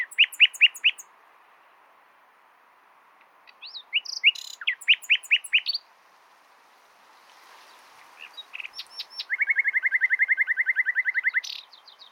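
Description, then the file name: Common nightingale song: phrases of fast repeated notes, a rapid rattling trill near the end, separated by short pauses. "Luscinia megarhynchos"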